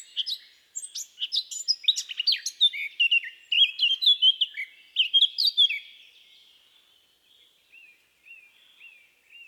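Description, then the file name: Eurasian blackcap song: a scratchy chattering start turning into a loud, clear, whistled flourish, followed by quiet soft notes trailing off. "baratposzata"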